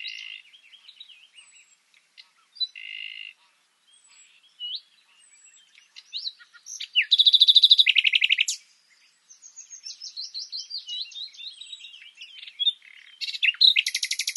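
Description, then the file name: Common nightingale song of varied phrases: quiet chips, a loud fast rattle of repeated notes, then a series of repeated notes ending in a harsh burst. "Luscinia megarhynchos"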